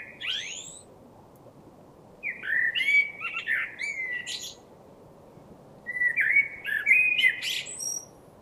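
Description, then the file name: Common blackbird singing, with a brief high note and then two longer phrases of rich, wavering whistles that break into thin, scratchy high notes. "Turdus merula"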